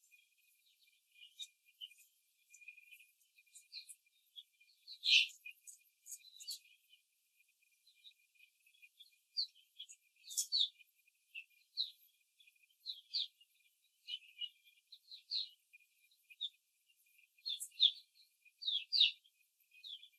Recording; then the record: young laying hens in a cage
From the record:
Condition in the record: before the stressor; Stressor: simulated dog barking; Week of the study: 3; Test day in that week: 2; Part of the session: 4